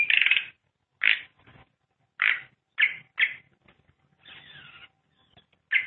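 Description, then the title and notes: Starling calls: short harsh, scratchy squawks at irregular intervals, with one drawn-out descending whistled note near the end, separated by silence. "suara burung jalak"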